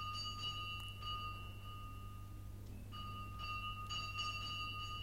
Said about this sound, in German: Da läutete es 2-mal kurz nacheinander an der Pforte.